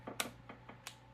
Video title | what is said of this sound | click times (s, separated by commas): iPhone 13 Pro Max Update | All right. So it should just line up and snap into place | 0.2 s, 0.9 s